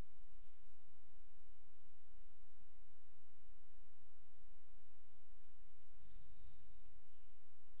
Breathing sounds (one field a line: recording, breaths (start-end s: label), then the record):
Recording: nose breathing near a microphone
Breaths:
5.74-7.49 s: exhalation
From the record:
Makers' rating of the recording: medium